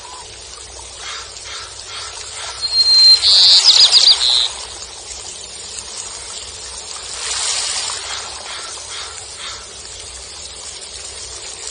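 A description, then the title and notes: Sea water washes on the beach under a steady breezy hiss, with a soft swell of surf rising around seven to eight seconds. A quick run of high, bright bird chirps cuts through at about three to four seconds, and a faint low rumble persists underneath. Sea water beats on the beach accompanied by sea breeze, seagulls and birds chirping.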